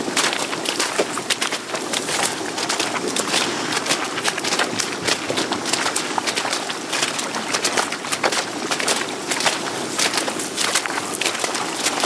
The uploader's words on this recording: Madinari island, Okavango Delta. A mokoro is not so nice when loaded with batteries and lenses and there is no water to float it in. We have harnesses and literally pull it like oxen across the floodplains in search of a channel. Recorded by Brian House. Equipment used: Sound Devices 702 digital recorder with Sennheiser 418 stereo shotgun microphone (M/S).